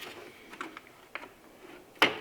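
An electrical connector on a cleaned car interior light unit is plugged into the car's wiring plug before the unit is pushed back into its hole in the trim. A few faint ticks and handling noises come at about 0.6, 0.8 and 1.2 s, then a sharp, loud click at 2.0 s as the connector seats.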